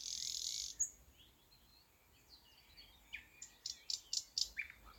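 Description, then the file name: Thrush nightingale calls: a hissing burst at the start, then a quiet pause, followed by a quick series of sharp clicking notes and a short whistle. "thrush nightingale - luscinia luscinia"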